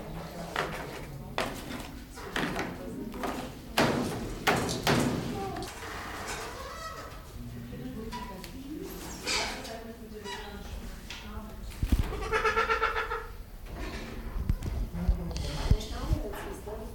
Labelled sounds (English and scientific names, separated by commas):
Trumpeter Hornbill (Bycanistes bucinator) call